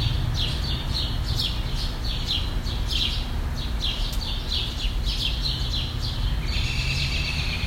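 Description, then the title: Bird: rapid, repeated high chirps from birds run throughout, becoming a denser twittering near the end, with a continuous low background rumble. "Birds Chirping Meditation"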